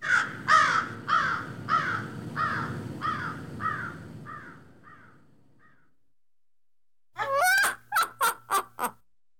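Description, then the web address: Crow cawing: a series of harsh, rasping caws in steady rhythm, growing fainter, then a pause and a burst of sharp, rapid, differently pitched calls. "bird crow cawing"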